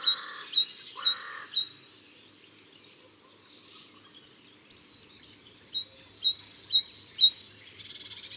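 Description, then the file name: Great tit giving sharp high notes in two short bursts, first at the start and again near the end, with a quieter stretch between them. "Parus major"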